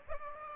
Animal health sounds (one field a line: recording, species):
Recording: mosquito wingbeat signal from an infrared sensor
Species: Aedes aegypti